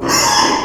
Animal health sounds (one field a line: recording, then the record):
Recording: squeal of a Yucatan mini pig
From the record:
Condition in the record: before surgery on the right vocal fold (resection and tissue-engineered implant)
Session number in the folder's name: 2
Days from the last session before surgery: 0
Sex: male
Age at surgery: 12 weeks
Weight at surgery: 13 kg